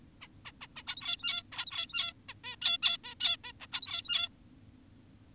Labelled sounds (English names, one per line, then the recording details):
Zebra Finch
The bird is an adult
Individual g17y2U